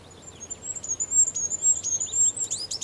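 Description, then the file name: Goldcrest singing a fast run of extremely high, thin notes that rises and falls slightly, closing with a brief twittering flourish. Song; Europe. "Wintergoldhaehnchen Gesang Voegel in Europa"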